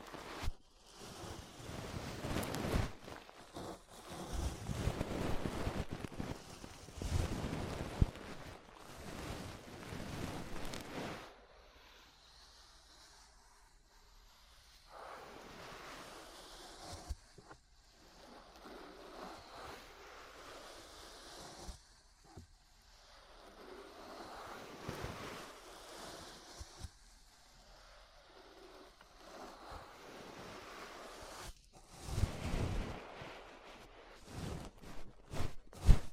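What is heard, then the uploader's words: Ear brushing: soft bristly strokes that rush and swish like surf. For the first eleven seconds the strokes come thick and loud, then they thin out into slower, quieter sweeps separated by near-silent pauses, before a brief louder flurry near the end. ASMR Relaxing 3Dio Ear Brushing (No Talking).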